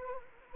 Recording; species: mosquito wingbeat signal from an infrared sensor; Anopheles gambiae